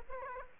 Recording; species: mosquito wingbeat signal from an infrared sensor; Aedes aegypti